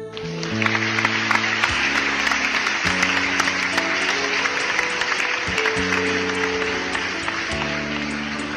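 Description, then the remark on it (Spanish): A group applauds themselves steadily for several seconds, a dense crackle of many hands, while sustained low musical tones play underneath throughout. “La sensación de serenidad, armonía y libertad es excelente. Podemos aplaudirnos.”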